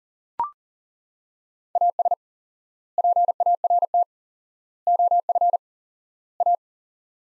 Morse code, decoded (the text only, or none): AS PART OF A